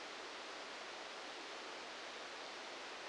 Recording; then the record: brain microelectrode recording played as sound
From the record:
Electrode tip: outside the subthalamic nucleus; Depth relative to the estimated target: -8 mm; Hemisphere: left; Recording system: NeuroSet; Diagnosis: Parkinson's disease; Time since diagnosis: 19 years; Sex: female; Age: 69 years